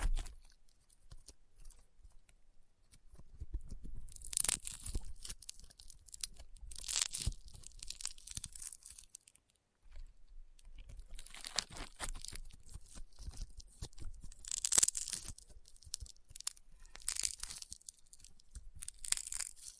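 Rainbow honeycomb slime is squeezed and pressed, giving dense bursts of crunching and popping with sharp, bright crackles. The bursts swell and fade in waves every few seconds, loudest near 4, 7, 12, 15 and 17 seconds, with a brief quiet gap around 10 seconds.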